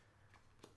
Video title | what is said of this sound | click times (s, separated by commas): Apple's BEST Case, But IS IT WORTH IT?? - Apple Silicone Case for iPhone 17 Pro Max | Here's one. Nice click. 2, 3, | 0.3 s, 0.6 s